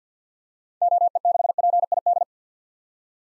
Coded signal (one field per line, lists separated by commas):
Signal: Morse code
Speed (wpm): 50 wpm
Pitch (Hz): 700 Hz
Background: none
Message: OE6PID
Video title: 2023 SOTA Activator Call Signs - 50wpm